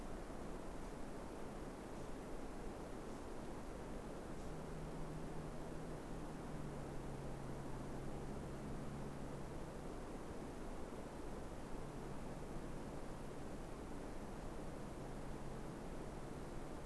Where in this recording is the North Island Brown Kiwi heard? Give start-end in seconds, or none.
none